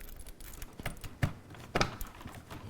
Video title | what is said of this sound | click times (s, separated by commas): LIVE - Black Friday Computer Upgrade - AMD 2700X, 860 EVO 2TB M2, TridentZ RGB 32GB DDR4. 1080Ti | it clicked it was quiet but it did it | 1.8 s